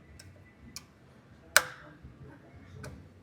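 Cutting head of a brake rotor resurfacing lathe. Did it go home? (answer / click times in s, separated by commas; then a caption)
yes / 1.6 s. A technician resets the cutting head of an on-car brake rotor resurfacing lathe, and its metal mechanism gives one sharp click at 1.6 s as the head seats into position. Fainter ticks come before and after it.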